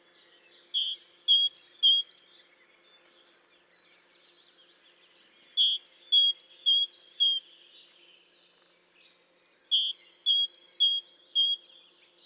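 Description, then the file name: Great tit song in three separate bursts, each a run of rhythmic two-note whistles, each burst opened by a thin, high descending note. "Parus major"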